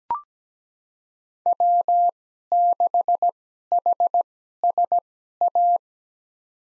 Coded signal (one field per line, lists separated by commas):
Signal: Morse code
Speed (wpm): 17 wpm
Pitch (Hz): 700 Hz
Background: none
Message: W6HSA